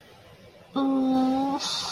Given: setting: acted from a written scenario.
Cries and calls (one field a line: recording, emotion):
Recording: vocal sound without words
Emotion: sympathy